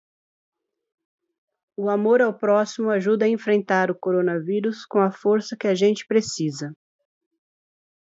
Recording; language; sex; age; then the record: spoken sentence; Brazilian Portuguese; female; 50 to 59 years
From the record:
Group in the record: control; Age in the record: 53 years